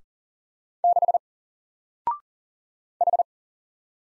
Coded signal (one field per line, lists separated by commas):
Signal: Morse code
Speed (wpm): 38 wpm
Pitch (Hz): 700 Hz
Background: none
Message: 6 H